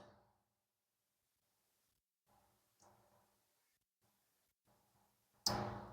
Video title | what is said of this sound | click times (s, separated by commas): Fixing a Common Mercedes M113K Problem - Ignition Coil Connector Replacement | I heard it click again. | 5.5 s